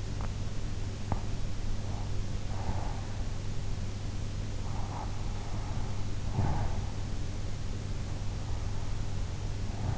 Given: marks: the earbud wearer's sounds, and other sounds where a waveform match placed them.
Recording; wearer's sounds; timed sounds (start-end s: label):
sounds in sleep by an in-ear microphone; swallowing, breath
0.00-1.55 s: swallowing
1.78-3.05 s: breath
4.62-7.01 s: breath